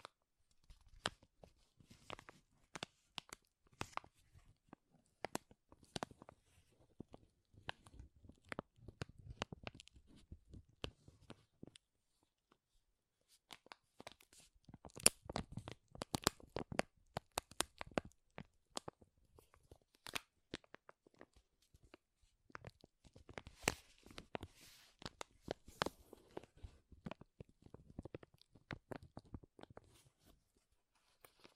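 Loud crinkling crackles in dense, irregular bursts of sharp pops that reach from low thuds up into bright snaps. The handling stops briefly around 12 to 14 seconds, then resumes just as busily and continues to the end.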